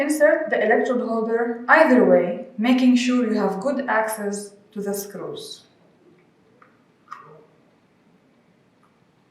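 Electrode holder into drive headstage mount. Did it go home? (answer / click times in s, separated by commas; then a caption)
no / none. Someone talks while handling an electrode holder being inserted into its mount on a neurosurgical drive frame (drive headstage mount), followed by a few faint, sharp handling taps after the speech ends. The electrode holder has not yet seated or clicked into place.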